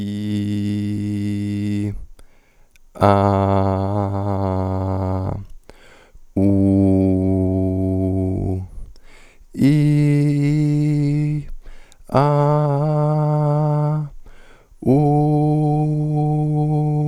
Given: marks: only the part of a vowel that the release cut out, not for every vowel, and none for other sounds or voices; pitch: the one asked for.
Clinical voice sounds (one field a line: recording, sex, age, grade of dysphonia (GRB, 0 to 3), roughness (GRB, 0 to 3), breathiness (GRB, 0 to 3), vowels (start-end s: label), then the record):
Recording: sustained vowels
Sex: male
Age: 30 to 39 years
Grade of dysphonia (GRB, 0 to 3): 1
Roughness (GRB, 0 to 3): 0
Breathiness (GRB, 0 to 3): 0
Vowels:
0.00-1.83 s: vowel /i/, normal pitch
3.11-5.17 s: vowel /a/, normal pitch
6.47-8.30 s: vowel /u/, normal pitch
9.67-11.29 s: vowel /i/, high pitch
12.20-13.86 s: vowel /a/, high pitch
14.96-16.93 s: vowel /u/, high pitch
From the record:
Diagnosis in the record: hyperfunctional dysphonia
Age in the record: 31 years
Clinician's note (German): Ponogen